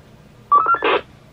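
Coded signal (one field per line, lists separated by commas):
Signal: roger beep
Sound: quick rising four-note chirp of tones, then a short burst of squelch hiss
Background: radio static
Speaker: and there's our roger beat me do again keying up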